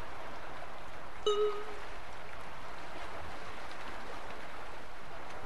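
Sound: ocean waves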